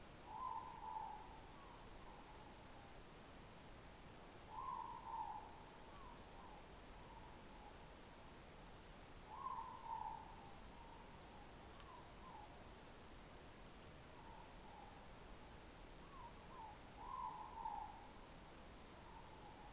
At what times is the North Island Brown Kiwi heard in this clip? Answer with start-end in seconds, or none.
none